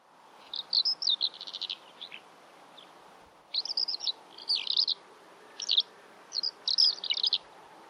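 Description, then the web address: Bird chirps: several bursts of high scratchy notes separated by short pauses, over a soft steady hiss. "Deverinetal. Bird Only"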